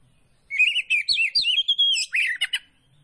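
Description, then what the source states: Oriental magpie-robin giving a short burst of looping whistled notes ending in a rough chatter. Kacer poci variety, singing vigorously (gacor).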